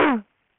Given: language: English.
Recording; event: throat vibration sensor signal played as sound; throat clearing